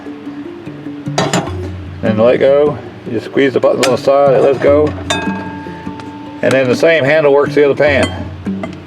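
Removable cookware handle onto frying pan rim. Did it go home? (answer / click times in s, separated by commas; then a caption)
no / none. A removable cookware handle is handled near a frying pan rim while someone talks, with a few light metallic clinks around 1.2 and 1.3 seconds and faint taps near the end. Nothing has clicked or seated yet; the handle is not yet snapped onto the pan.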